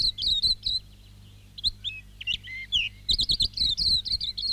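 Silvereye song, a quick string of high sweet chirps and slurred whistles, some rising, others falling, delivered in short varied bursts.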